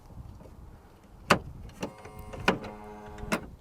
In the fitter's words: You can hear it engage.